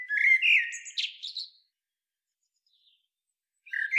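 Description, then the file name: Eurasian blackbird giving a quick phrase of scratchy twitters and thin whistles, then a pause before a new phrase begins right at the end. "Turdus merula"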